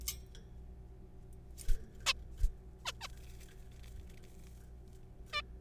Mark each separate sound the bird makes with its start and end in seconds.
2.06-2.13, 2.85-2.92, 3.01-3.08, 5.33-5.42